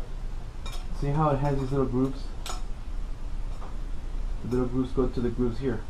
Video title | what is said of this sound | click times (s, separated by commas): How to video - replace Head Lamp lens Bulb on a 2004 Harley Davidson Softail Deuce | move it around to a pin and locks into place see | 0.7 s